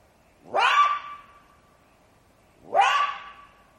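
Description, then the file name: Jackal uttering two rough, rising yelps, each sliding into a clear, steady ringing note that slowly fades. "zvuki shakala"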